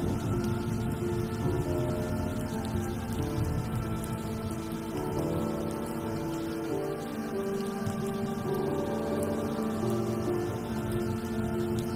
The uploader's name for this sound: original sound tracks with rain